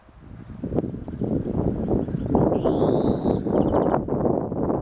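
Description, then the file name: European Greenfinch giving one long buzzy wheeze followed by a short rapid trill, heard over constant low wind and rumbling noise. "Chloris chloris"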